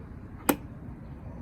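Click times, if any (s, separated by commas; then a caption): 0.5 s. A locking knob on a fuel can pack mount on a truck is tightened down until it gives one firm, hard click at 0.5 s. The sharp broadband click rises well above a low background hum. It shows the mount is fully tightened and installed correctly.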